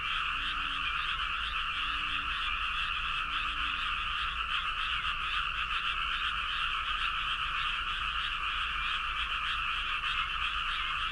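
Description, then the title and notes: Frog chorus: a steady, continuous buzzing trill from many callers, with a few faint low croaks near the start. Recorded in Toyota, Aichi. "near frogs. 愛知 豊田 frog"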